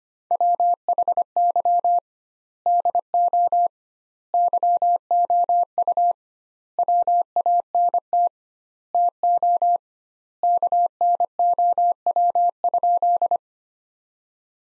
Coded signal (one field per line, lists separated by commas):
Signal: Morse code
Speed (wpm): 25 wpm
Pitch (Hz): 700 Hz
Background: none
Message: WHY DO YOU WANT TO KNOW?